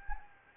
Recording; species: mosquito wingbeat signal from an infrared sensor; Anopheles gambiae